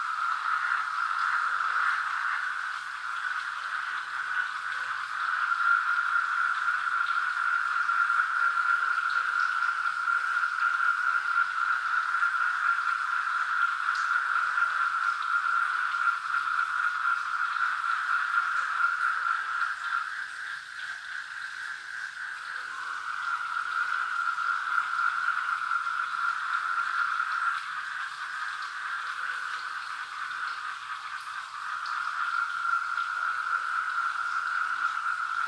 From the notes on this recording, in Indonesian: Suara kodok sungai dan germicik airnya di tengah malam